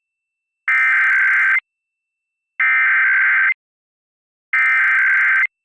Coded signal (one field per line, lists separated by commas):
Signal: Emergency Alert System (SAME) tones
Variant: header bursts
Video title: PBS Kids Program Break With EAS (2023 MPT)